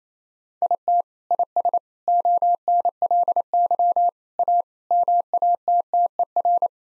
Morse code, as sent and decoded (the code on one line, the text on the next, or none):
.. - / .. ... / --- -. .-.. -.-- / .- / -- .- - - . .-.
IT IS ONLY A MATTER